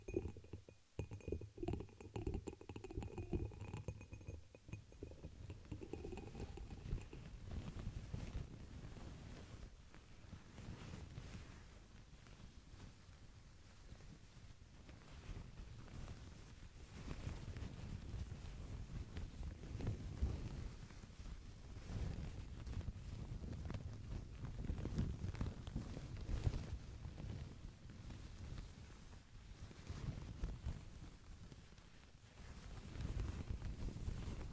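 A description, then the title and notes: Handling and crinkling sounds, with sharp crackly taps packed into the first six seconds or so. After that a deep, rumbling brushing takes over, swelling and easing in uneven waves with scattered soft crackles, and it grows louder near the end. Crinkles, Plastic, Brush, Silicone, Glass, Paper.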